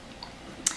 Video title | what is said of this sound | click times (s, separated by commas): 4 SIPPY CUPS: Which one is BEST? 😃 | and the natural gravity let me lock it in like that | 0.7 s